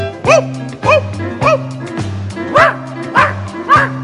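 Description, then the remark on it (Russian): Dogs bark in a steady rhythm, about seven loud yapping barks roughly half a second apart, over a sustained low musical drone. “Об этом громко лают собаки всех пород.”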